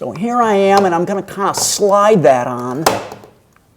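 Someone talks while sliding a metal finishing end plate onto the live end connector of a Juno Trac-Master ceiling lighting track, where it will bring that end flush to the ceiling before being fixed with a screw. Brief handling knocks sound near the end, followed by near silence. Nothing has snapped into place yet.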